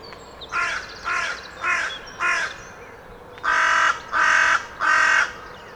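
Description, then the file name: Carrion crow cawing in two bursts: four softer rasping caws, then after a short pause three louder, harsher ones. "Corvus corone"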